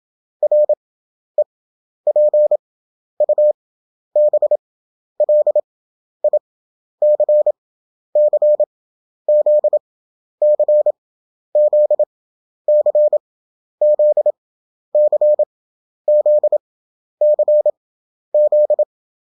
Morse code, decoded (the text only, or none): REPUBLIC CZ CZ CZ CZ CZ